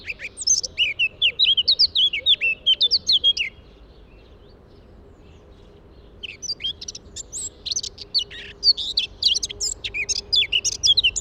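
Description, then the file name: Eurasian blackcap song in two bursts: a fluty, scratchy warble for about three seconds, a short silence, then a rapid warbled phrase. "Sylvia atricapilla"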